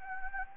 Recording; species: mosquito wingbeat signal from an infrared sensor; Anopheles gambiae